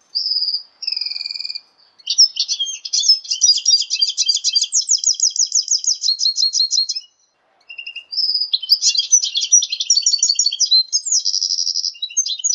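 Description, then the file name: Red siskin and canary hybrid singing a bright, high twittering song of rapid trills and buzzy rolled phrases, with a brief pause midway before the warbling resumes. "hibrid red siskin x kenari omkicau"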